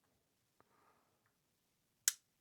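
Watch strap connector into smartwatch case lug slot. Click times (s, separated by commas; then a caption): 2.1 s. The second end of an army green silicone strap is pressed into the lug slot on the back of a Galaxy Watch Ultra smartwatch. A faint tick at 0.6 s is followed by a sharp, bright click at 2.1 s as the quick-release latch locks. The band is seated and does not come off.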